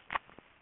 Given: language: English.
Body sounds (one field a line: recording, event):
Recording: throat vibration sensor signal played as sound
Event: swallow